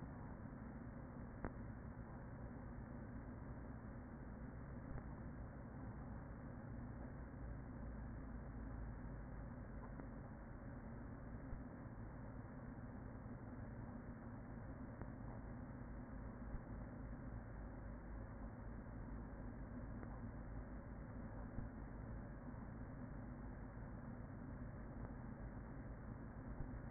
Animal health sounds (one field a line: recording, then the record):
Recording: honeybee colony, microphone inside the hive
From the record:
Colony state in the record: queen present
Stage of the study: after two queens were removed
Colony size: about 40,000 bees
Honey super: no